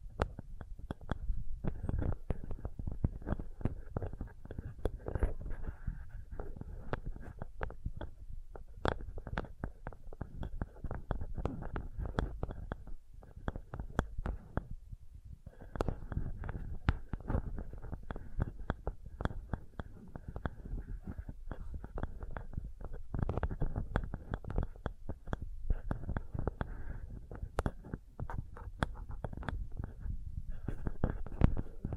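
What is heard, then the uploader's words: Sensitive tapping: rapid, dense taps and soft knocks that go on almost without pause for the whole stretch, mostly low and dull with a few brighter clicks. Around the fifteen-second mark the tapping briefly thins to near silence before resuming just as busily. Sensitive Tapping.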